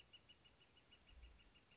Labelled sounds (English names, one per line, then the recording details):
Northern Flicker
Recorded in Sonoma County, California